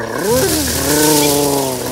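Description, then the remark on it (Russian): A loud lion roar in the jungle that swells upward at the start, then holds a long, steady, rumbling tone with a rough, noisy edge for about two seconds, with no talking. “Его рев был таким громким, что все листья вокруг него задрожали и западали.”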